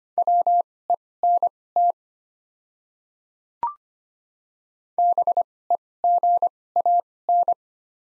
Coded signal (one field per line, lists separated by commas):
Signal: Morse code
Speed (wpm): 25 wpm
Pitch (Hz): 700 Hz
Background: none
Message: WENT BEGAN